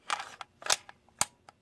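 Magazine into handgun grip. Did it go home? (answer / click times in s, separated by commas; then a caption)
yes / 1.2 s. An empty pistol magazine is inserted into a handgun grip, with short metallic rattles and scrapes as it slides in. It latches with a sharp click at 1.2 s and locks in place.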